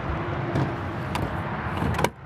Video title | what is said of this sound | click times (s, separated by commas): 2025 Winnebago EKKO 23B Pop Top | but that clicks into place and you can actually lock it so nobody steals it | 2.0 s